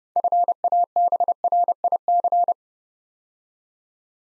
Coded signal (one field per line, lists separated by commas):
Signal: Morse code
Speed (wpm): 30 wpm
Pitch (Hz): 700 Hz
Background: none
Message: FABRIC